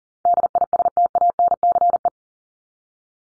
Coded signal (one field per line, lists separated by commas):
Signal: Morse code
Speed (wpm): 40 wpm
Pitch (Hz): 700 Hz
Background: none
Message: DISTANCE